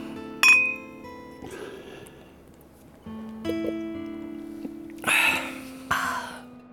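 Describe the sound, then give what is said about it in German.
Beer glasses clink together in a toast: one sharp, bright knock whose tones ring on afterward, followed later by a couple of brief, breathy bursts of handling noise. “Prost.”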